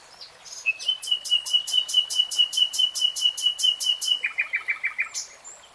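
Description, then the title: Nightingale song: a long sustained whistle overlaid with rapid pulsed clicks, then a short run of lower notes. "[Tiếng chim hót] Nightingale Singing"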